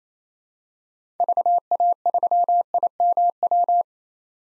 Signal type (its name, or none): Morse code